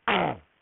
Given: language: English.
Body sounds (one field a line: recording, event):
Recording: throat vibration sensor signal played as sound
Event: throat clearing